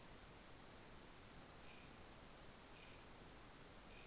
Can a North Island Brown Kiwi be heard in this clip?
no